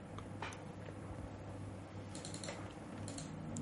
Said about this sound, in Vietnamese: Sáng sớm hôm sau, chú Hải vẫn ngồi máy tính, cả đêm không ngủ. Tất An chỉ biết hắn gõ gõ bàn phím cả đêm, cũng không biết hắn đang làm cái gì.